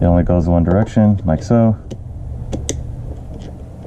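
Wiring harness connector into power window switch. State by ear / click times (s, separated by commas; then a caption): seated / 2.7 s. A wiring harness plug is lined up with a power window switch and pushed in; it only fits one way. Someone talks, then there is a faint tap at 2.5 s and a sharp click at 2.7 s as the connector clicks into place and is seated.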